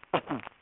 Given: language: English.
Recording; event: throat vibration sensor signal played as sound; cough